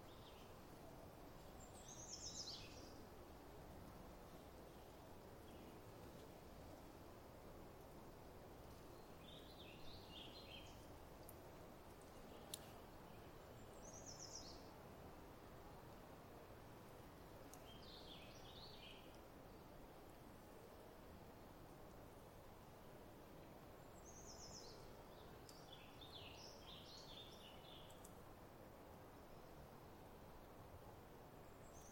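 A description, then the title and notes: Midday at a creek campground: a steady low rush of water fills the air while brief, high bird chirps sound every few seconds. Midday At Trout Creek Campground. I arrived early in the morning of the 12th of May and set up near a still-water riparian area. This being the Cascade Mountains range, there was plenty of distant water wash everywhere, from small rivers and streams to snowmelt runoff. The non-riparian portion of the forest here was filled with typical Cascades’ evergreens such as Douglas Fir, Spruce, and the like.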